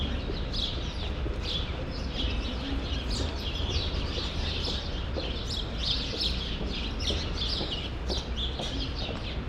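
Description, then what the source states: Sparrow flock chattering in quick overlapping chirps over a steady low hum. Sparrows in a grove at Rue Saint-Jean Népomucène 13, Brussels, Belgium, recorded with Earsight V2 AB microphones into a Mixpre-3.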